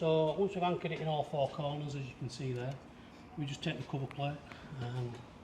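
A man talks while handling a plastic cover plate for a van security alarm unit that is already screwed down at all four corners. The cover plate is being taken up to clip over the unit, but nothing has seated or clicked yet.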